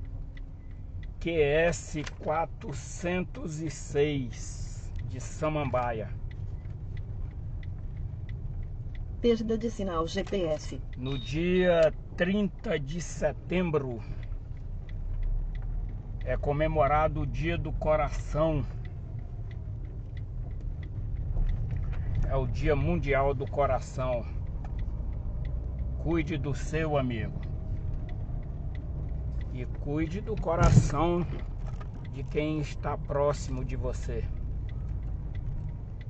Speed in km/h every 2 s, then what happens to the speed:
12, 18, 16, 11, 11, 8, 10, 16, 15, 12, 16, 21, 26, 26, 15, 19, 22, 18.
3-11 slows to 8. 11-14 speeds up to 16. 14-21 steady at about 15. 21-24 speeds up to 26. 26-28 brakes to 15.